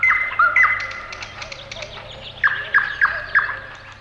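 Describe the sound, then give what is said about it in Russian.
Clear, bright bird song from an unfamiliar bird after dark at the edge of a ravine in a forest: a drawn-out whistled phrase, then four short, even notes repeated in a steady rhythm, ringing out alone over a faint, low background hum. “Было уже темно, когда хозяин леса дед Аук услышал на краю оврага незнакомый ему птичий голос. Чистый, прозрачный, как роса.”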